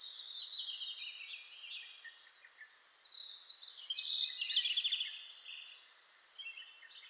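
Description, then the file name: Red-flanked bluetail singing a loud warbled phrase with a quick trill midway, against a steady chorus of other songbirds. Recorded 27 May 2007 at 04:26. "ruribitaki-20070527-0426"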